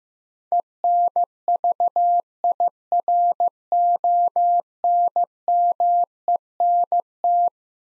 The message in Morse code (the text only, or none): ENVIRONMENT